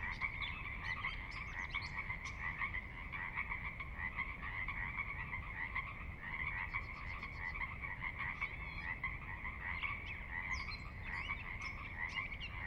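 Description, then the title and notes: Pacific Chorus Frogs in a dense, continuous chorus of overlapping croaking calls, with scattered higher chirps above and a steady low rumble of water underneath. Recorded at midnight on the valley floor of Sinlahekin Valley, Sinlahekin Wildlife Area, Washington, near the Cascades; distant water spillage in background; unprocessed raw recording. "Sinlahekin Valley midnight. the ever-present Pacific Chorus Frogs that are a fixture of the Northwest Soundscape"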